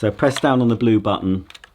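Someone talks while holding down the blue release button and handling the tube end cap against the body of a Rowenta X-Pert cordless stick vacuum cleaner, with a few faint, short ticks near the end. The clip ends before the part goes home, so nothing has seated or clicked yet.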